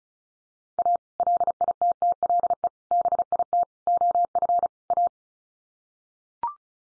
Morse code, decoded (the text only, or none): A LITTLE BIT OF A